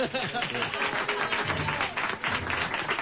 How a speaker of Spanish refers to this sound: Yo pediría un aplauso para Jandro.